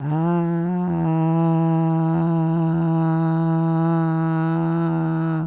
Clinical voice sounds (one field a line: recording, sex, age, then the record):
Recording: sustained vowel /a/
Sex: female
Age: 60 to 69 years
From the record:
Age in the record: 67 years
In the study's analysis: included